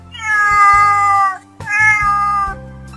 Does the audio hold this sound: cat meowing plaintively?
yes